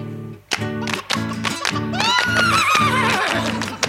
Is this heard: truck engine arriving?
no